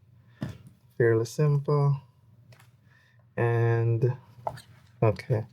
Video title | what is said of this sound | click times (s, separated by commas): Finally! The Accsoon SeeMo 4K for Android is HERE! (Unboxing & First Look) | then it snaps into place like that. | 0.4 s